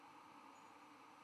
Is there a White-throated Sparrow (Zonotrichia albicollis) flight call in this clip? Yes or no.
no